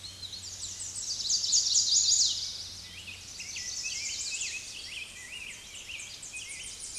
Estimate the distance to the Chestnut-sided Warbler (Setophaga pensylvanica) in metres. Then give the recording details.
about 15 m. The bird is about level with the microphone. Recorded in a Pennsylvania forest on 16 May 2024 at 07:06. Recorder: AudioMoth, point MSD-1405. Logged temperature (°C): 15.6 °C. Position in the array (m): 159 m, 176 m